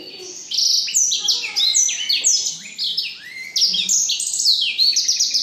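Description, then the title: Black-throated canary singing bursts of quick, sweet warbling whistles separated by a short pause, high and energetic. Exceptional black-throated canary from Jombang. "Burung blackthroat Istimewa dari Jombang"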